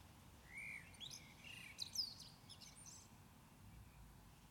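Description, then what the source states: Common blackbird singing a mellow, fluting phrase of low whistles that ends in a high, squeaky twitter, over steady low background hiss. Recorded at Maindy.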